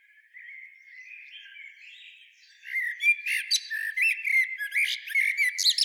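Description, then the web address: Common blackbird giving soft warbled whistles that build into a loud, busy run of twittering and fluty notes in the second half. Greece. "pe menoume sti fusi Kotsufas Turdus merula"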